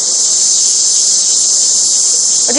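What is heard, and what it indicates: A steady, high-pitched buzzing hiss runs without a break for the whole clip, like cicadas chirping in summer. It is a simulated tinnitus sound played from a device: the continuous electric-like ringing and hissing some people with tinnitus hear in their ears.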